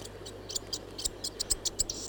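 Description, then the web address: Chatham Island fantail giving short, high chip notes in a rapid irregular series, each with a faint click, above a constant low hum. "bird-song chatham-island-fantail"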